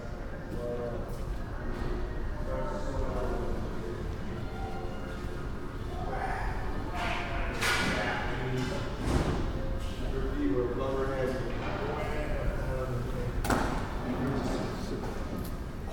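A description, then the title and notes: Inside a building under construction, a steady din of overlapping voices and activity echoes through the interior. Sharp knocks and bangs, some close and some distant, cut through at around 7, 9 and 13 seconds, over a constant low rumble. Soundwalk 04: in the Chase Family Building while it was under construction. There are sounds from close up as well as from far away that reverberate through the interior space. This is unedited.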